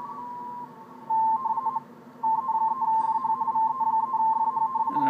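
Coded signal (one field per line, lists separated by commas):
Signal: RTTY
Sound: fast warbling two-tone chatter near 1 kHz, pausing briefly, then resuming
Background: radio static, low hum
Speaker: okay so now he's calling test there's the pile up up here i can hit my reverse button on the vfo and tune in that station now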